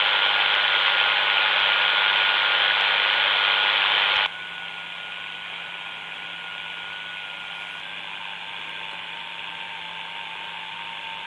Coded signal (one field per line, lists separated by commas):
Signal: FT8